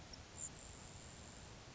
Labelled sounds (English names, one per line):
Grasshopper Sparrow